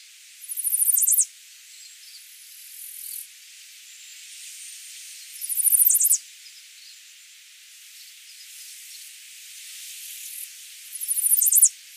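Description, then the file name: Chestnut-sided warbler singing short, very high phrases of rapid repeated notes with a sharp ending, roughly every five seconds, with faint high background hiss. "Setophaga pensylvanica - Chestnut-sided Warbler"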